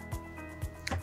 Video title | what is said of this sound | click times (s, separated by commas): Getting to Know Your Stair Pro | locate the button lock local extension wand and insert that piece into the stair Pro you'll hear it lock | 0.9 s